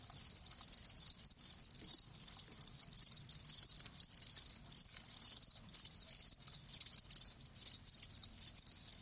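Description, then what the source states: Crickets chirping in a dense, steady high-pitched chorus, rapid pulsed trills overlapping continuously with brief dips in loudness. Live crickets chirping in a lulling song, as a sleep sound.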